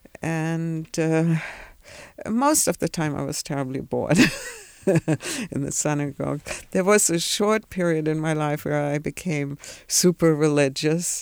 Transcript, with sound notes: And most of the time I was terribly bored (she laughs) in the synagogue. There was a short period in my life where I became super-religious.